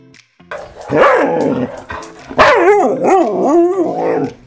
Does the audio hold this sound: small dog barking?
yes